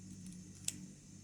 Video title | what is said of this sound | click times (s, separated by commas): ☢ ПРОДАМ КУПЛЮ дозиметр радіометр счетчик Гейгера детектор радіації СБМ20 СБТ10А Atom-scan Атом-скан | чули От защёлкнулись і витягую | 0.7 s